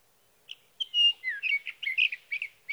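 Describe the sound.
Sage thrasher song: a short note, then a long pure whistle followed by a downslurred note and quick warbled phrases.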